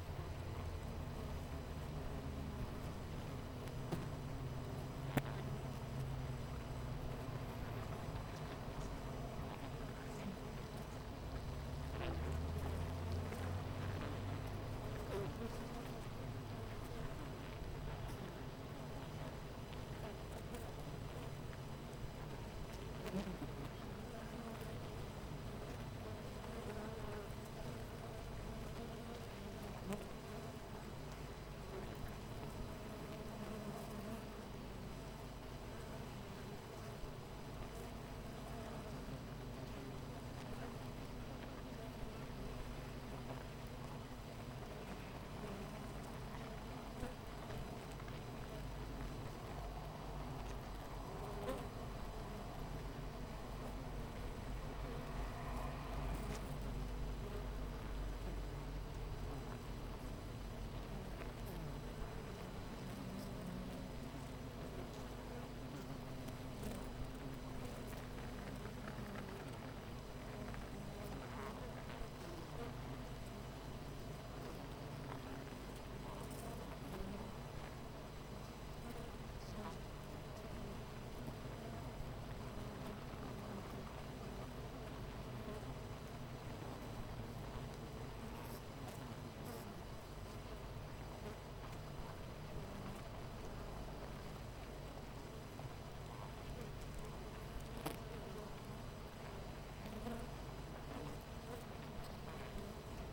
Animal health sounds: honeybee colony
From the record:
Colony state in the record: missing queen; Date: 14 July 2017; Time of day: 8:27

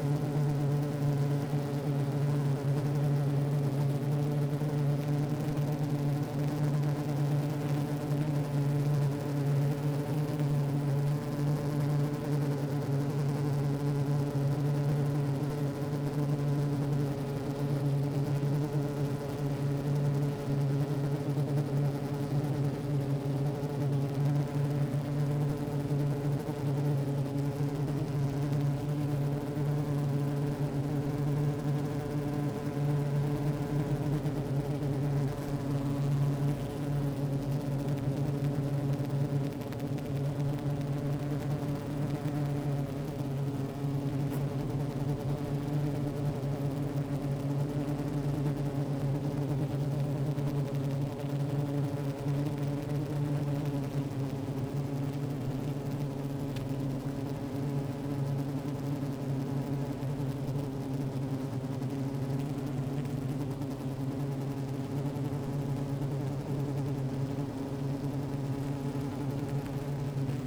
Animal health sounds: honeybee colony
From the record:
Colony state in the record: active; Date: 28 July 2017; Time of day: 15:21

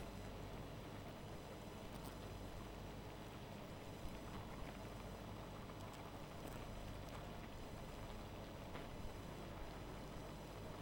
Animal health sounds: honeybee colony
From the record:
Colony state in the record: missing queen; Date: 14 July 2017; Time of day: 0:40

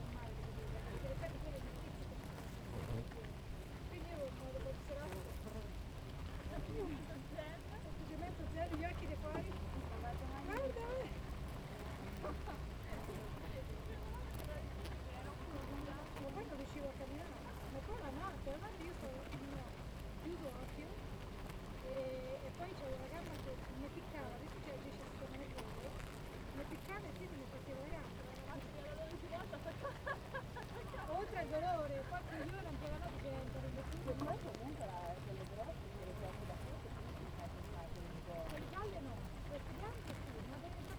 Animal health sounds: honeybee colony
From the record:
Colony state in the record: active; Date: 28 July 2017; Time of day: 7:30

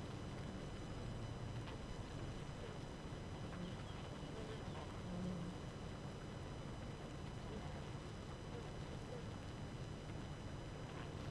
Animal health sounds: honeybee colony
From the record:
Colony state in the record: active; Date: 12 June 2018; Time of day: 4:00

